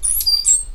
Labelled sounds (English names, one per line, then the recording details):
Stitchbird song
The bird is a male
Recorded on Tiritiri Matangi Island, New Zealand, in 2005
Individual 8, of nest box 10